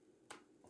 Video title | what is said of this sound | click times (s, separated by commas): Hafele led strip lights for beginners | Hear the click. | 0.3 s